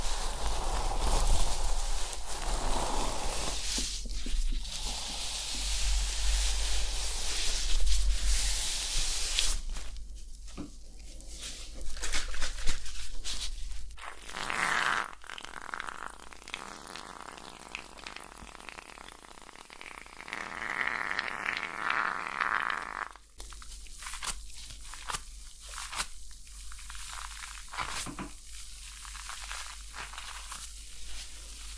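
Scalp massage with a loud, steady bristly rush of hair brushing for ten seconds, then softer, uneven scratching and rubbing strokes.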